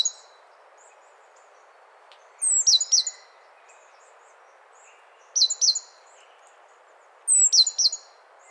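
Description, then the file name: Great tit calls: three short clusters of high, sharp, downslurred notes, spaced two to three seconds apart, over a low steady background hiss. "Parus major"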